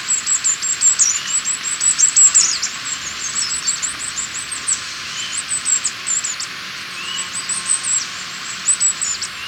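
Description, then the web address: Agile tit-tyrant, a near-continuous stream of very high, thin chattering notes, varying irregularly in loudness, with faint hiss behind. Recorded in Ecuador. "Birds of Ecuador 2. Agile Tit-Tyrant"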